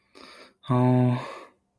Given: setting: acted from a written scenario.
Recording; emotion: vocal sound without words; sympathy